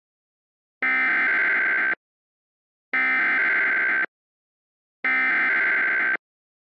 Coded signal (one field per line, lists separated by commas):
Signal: Emergency Alert System (SAME) tones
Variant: header bursts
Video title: The Vortex (EAS Scenario)